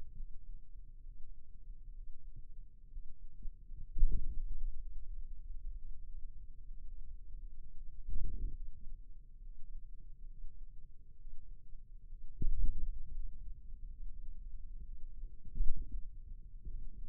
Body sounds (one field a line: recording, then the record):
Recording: forearm muscle sounds (acoustic myography)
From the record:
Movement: radial deviation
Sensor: system 2, bracelet of six BSWA MPA416 microphones around the upper forearm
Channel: 6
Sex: male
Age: 22 years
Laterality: right